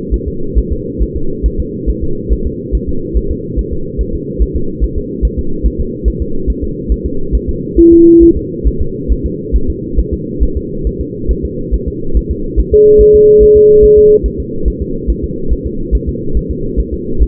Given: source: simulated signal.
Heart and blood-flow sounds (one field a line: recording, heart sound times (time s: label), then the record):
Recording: fetal heart sounds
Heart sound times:
0.14 s: S1
0.28 s: S2
0.59 s: S1
0.72 s: S2
1.02 s: S1
1.16 s: S2
1.46 s: S1
1.60 s: S2
1.90 s: S1
2.03 s: S2
2.33 s: S1
2.47 s: S2
2.75 s: S1
2.89 s: S2
3.17 s: S1
3.31 s: S2
3.59 s: S1
3.73 s: S2
4.01 s: S1
4.15 s: S2
4.42 s: S1
4.56 s: S2
4.84 s: S1
4.98 s: S2
5.25 s: S1
5.39 s: S2
5.66 s: S1
5.80 s: S2
6.08 s: S1
6.22 s: S2
6.50 s: S1
6.64 s: S2
6.92 s: S1
7.06 s: S2
7.35 s: S1
7.49 s: S2
7.79 s: S1
7.93 s: S2
8.23 s: S1
8.37 s: S2
8.68 s: S1
8.81 s: S2
9.12 s: S1
9.26 s: S2
9.56 s: S1
9.70 s: S2
10.00 s: S1
10.13 s: S2
10.43 s: S1
10.57 s: S2
10.87 s: S1
11.01 s: S2
11.31 s: S1
11.45 s: S2
11.74 s: S1
11.88 s: S2
12.17 s: S1
12.31 s: S2
12.59 s: S1
12.74 s: S2
13.01 s: S1
13.15 s: S2
13.43 s: S1
13.57 s: S2
13.84 s: S1
13.98 s: S2
14.26 s: S1
14.40 s: S2
14.68 s: S1
14.82 s: S2
15.10 s: S1
15.24 s: S2
15.53 s: S1
15.66 s: S2
15.95 s: S1
16.09 s: S2
16.37 s: S1
16.51 s: S2
16.80 s: S1
16.94 s: S2
17.22 s: S1
From the record:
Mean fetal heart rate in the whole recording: 140 bpm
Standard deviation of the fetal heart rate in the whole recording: 2 bpm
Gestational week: 34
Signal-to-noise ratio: -8.1 dB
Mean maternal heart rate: 72 bpm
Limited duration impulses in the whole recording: present